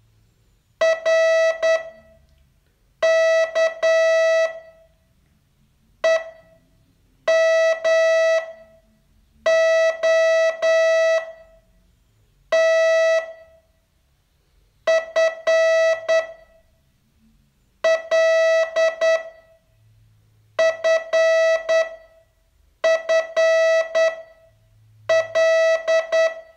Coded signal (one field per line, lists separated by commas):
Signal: Morse code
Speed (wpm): 8 wpm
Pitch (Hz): 650 Hz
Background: none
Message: R K E M O T F L F F L